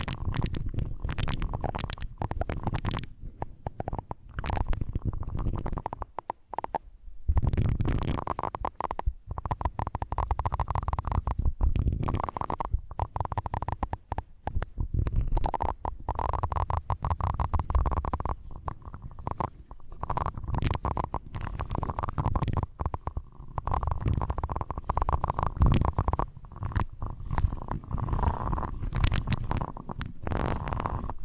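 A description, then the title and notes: Muffled ear scratching, with dense, irregular rubbing and scraping, frequent sharp crackles, and a few brief near-silent gaps around six seconds. ASMR Hypnotic First Person Triggers Ear Scratching, Face Brushing etc (No Talking).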